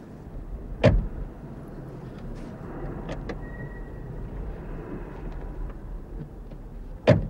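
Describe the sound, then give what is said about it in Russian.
Two heavy car door thumps, roughly six seconds apart, with soft shuffling and rustling of people settling into seats in between, all over a steady low rumble. “Осторожно. Садитесь в машину.”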